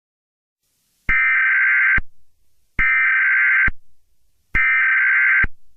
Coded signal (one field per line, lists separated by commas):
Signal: Emergency Alert System (SAME) tones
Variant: header bursts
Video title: EAS Joke - Angry EAS *CONTAINS BAD LANGUAGE*